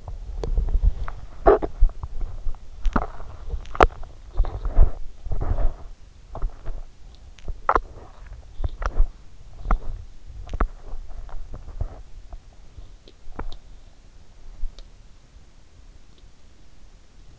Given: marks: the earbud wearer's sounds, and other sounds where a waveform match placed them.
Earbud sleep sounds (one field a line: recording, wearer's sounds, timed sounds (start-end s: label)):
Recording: sounds in sleep by an in-ear microphone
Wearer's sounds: body movement, teeth grinding, swallowing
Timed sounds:
0.00-5.78 s: body movement
1.89-5.78 s: teeth grinding
6.80-13.38 s: teeth grinding
13.38-15.13 s: swallowing